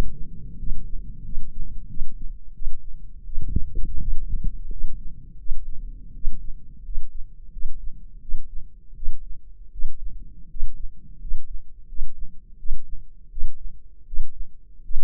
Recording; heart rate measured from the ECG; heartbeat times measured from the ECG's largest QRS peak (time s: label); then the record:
heart sounds by microphone in the left ear; 84 bpm
0.57 s: heartbeat
1.23 s: heartbeat
1.88 s: heartbeat
2.53 s: heartbeat
3.24 s: heartbeat
4.00 s: heartbeat
4.70 s: heartbeat
5.37 s: heartbeat
6.13 s: heartbeat
6.83 s: heartbeat
7.51 s: heartbeat
8.20 s: heartbeat
8.95 s: heartbeat
9.71 s: heartbeat
10.49 s: heartbeat
11.19 s: heartbeat
11.87 s: heartbeat
12.57 s: heartbeat
13.29 s: heartbeat
14.05 s: heartbeat
14.82 s: heartbeat
From the record:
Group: healthy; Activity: rest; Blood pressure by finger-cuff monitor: 166/106 mmHg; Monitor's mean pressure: 122 mmHg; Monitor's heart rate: 84 bpm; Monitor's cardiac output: 7.2 L/min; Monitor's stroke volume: 85 mL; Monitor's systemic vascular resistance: 1290 dyn s/cm5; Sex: male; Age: 23 years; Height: 179 cm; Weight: 87 kg